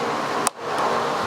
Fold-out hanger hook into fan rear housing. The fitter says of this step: you push it in and you'll feel it click right